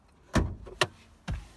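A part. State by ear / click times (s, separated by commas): released / 0.8 s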